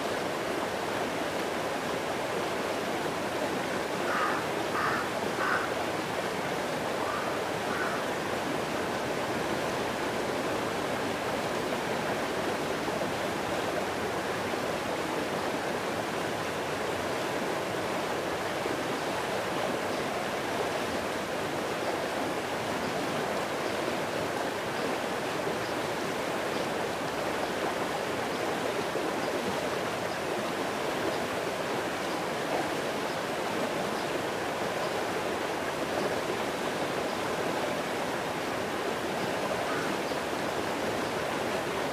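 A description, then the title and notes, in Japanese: A river rushes steadily for the whole clip, a dense, even wash of flowing water with no pauses or swells. The sound is full from low rumble to bright hiss. Faint chirps, likely a bird, briefly appear around the fifth second. 川の音。懐かしいブラウン管テレビの、砂嵐音のようにも聞こえます。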